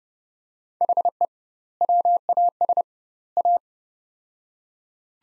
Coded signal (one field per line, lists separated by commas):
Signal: Morse code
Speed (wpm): 30 wpm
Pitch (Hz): 700 Hz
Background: none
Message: HE WAS A